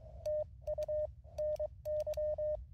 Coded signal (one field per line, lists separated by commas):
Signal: Morse code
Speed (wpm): 22 wpm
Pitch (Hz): 610 Hz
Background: none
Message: TU NY